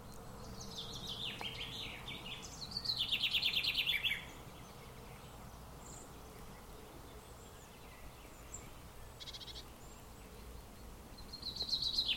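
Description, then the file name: Common chaffinch song: a fast, even trill of repeated notes, with scattered short chirps and another trill starting at the end, over constant background noise. "Fringilla coelebs"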